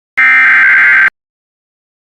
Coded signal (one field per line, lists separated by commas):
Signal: Emergency Alert System (SAME) tones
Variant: header bursts